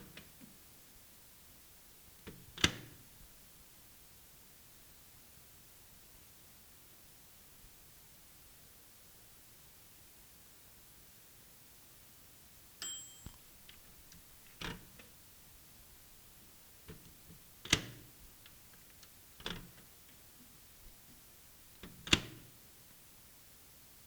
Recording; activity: daily activity, guitar pickup as the sensor; use microwave